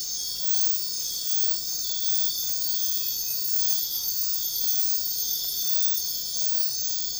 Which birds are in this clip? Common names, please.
none